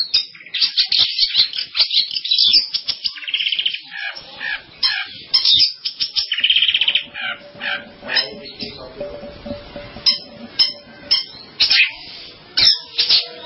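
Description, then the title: Long-tailed shrike song with quick chattering bursts, two longer buzzy trills, then sparser sharp notes separated by short gaps. "Kicau Burung Pentet"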